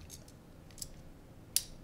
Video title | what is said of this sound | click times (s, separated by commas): How To Make Articulated Shanks - DARK WATERS FLY SHOP - upper peninsula michigan fly fishing | there that little click now I draw this back out I slide my hook off of there and | 1.6 s